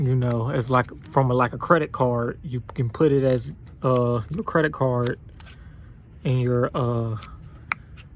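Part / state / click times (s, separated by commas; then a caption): folding blade section into credit-card knife body / seated / 7.7 s. A credit-card style folding knife has its blade section folded into the card-shaped body while someone talks. At 7.7 s a sharp click is heard as the folded part snaps into place, and it is confirmed as seated.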